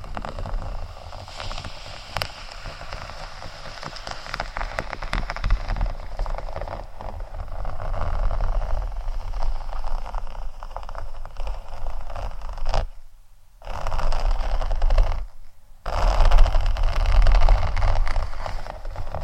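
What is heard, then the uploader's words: Faux leather being scratched makes a dense, continuous rasping hiss with crisp clicks scattered through it and a steady low rumble underneath. The scratching swells around the middle, drops out briefly near 13 and 15.5 seconds, then returns at its loudest. ASMR Faux Leather Scratching（No Talking）.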